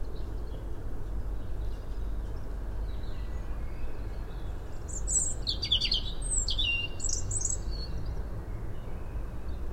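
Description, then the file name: European robin song, thin high warbled phrases with quick sliding notes in the second half, over steady low rumbling background noise. "Erithacus rubecula"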